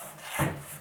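A wooden extension leaf is hooked under the lip of a chuck box and handled into place, giving a soft wood-on-wood rubbing scrape that swells briefly around 0.4 s and then fades. Nothing has seated or clicked yet.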